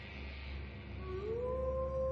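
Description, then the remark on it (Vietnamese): A single long wolf howl rises smoothly in pitch and then holds a steady, mournful tone over a low, constant rumble, with no voices present. “Cậu Khôi nghe thấy tiếng sói hú, tiếng cọp gầm, tiếng lợn rừng thở phì phò.”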